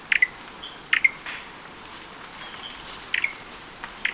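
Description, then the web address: Gray-breasted wood-wren calls: short, sharp chattering notes in tight clusters of two or three, repeated several times with uneven pauses, over a faint steady hiss. Lower subtropical zone, Ecuador. "Natures Songs S America Birds of Ecuador Gray-breasted Wood-Wren (lower subtropical)"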